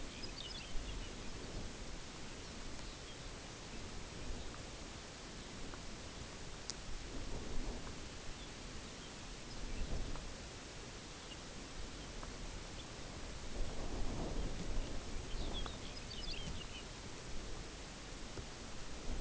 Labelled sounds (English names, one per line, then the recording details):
Lapland Longspur
unidentified sound
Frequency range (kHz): Lapland Longspur 1.7-5.8 kHz
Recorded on Arctic tundra, site UTQI-0, on 14 June 2019
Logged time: 14:00